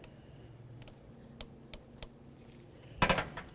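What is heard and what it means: A torque wrench set to 24 inch-pounds tightens the purge valve mounting bolts on a 2006-2011 Honda Civic. A few faint ticks come at about 0.9, 1.4, 1.7 and 2.0 seconds, then a louder, broad click at 3.0 seconds as the wrench reaches its setting. The bolts are torqued to spec.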